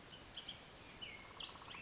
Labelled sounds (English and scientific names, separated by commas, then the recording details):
Bullock's Oriole (Icterus bullockii)
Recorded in Sonoma County, California